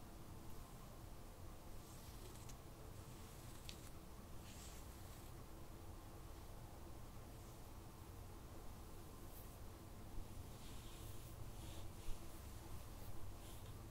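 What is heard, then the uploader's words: Soft hair play and light touching make quiet brushing and rustling sounds over a steady low hum. Brighter, crisper strokes come in short bursts near the start and more often in the final few seconds, with a couple of small taps around twelve seconds. Cozy hair play + gentle face & shoulder touching.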